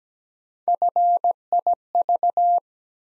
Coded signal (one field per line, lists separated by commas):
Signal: Morse code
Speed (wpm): 17 wpm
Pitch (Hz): 700 Hz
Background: none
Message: FIV